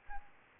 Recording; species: mosquito wingbeat signal from an infrared sensor; Aedes albopictus